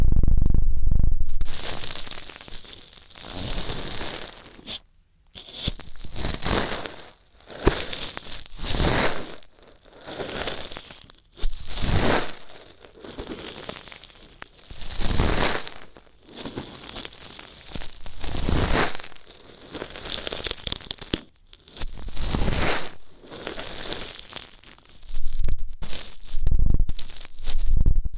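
Ear cleaning sounds come as dense crinkling, scratching strokes in rapid bursts, each a second or two long, with brief silent gaps between.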